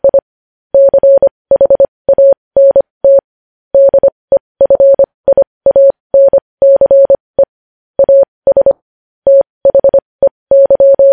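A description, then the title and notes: Morse code sent as a single steady mid-pitched tone, keyed on and off in quick dots and longer dashes. The rhythm is brisk and fairly even, with short silent gaps between letters and a few longer pauses. The signal is clean, with dead silence behind it. Morse code.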